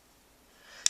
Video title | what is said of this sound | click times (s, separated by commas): Astro Switch Set 02 Review | forward until it clicks into place | 0.9 s